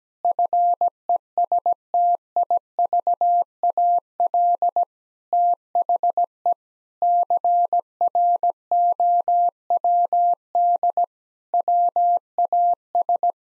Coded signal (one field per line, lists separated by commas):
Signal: Morse code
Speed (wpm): 17 wpm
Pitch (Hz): 700 Hz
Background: none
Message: FESTIVAL THE CROWD WAS